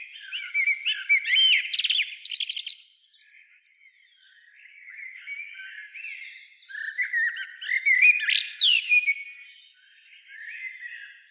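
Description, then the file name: Common blackbird song: a loud warbling phrase with a squeaky high ending, soft warbles, then a second full phrase rising to a thin whistle. "Turdus merula"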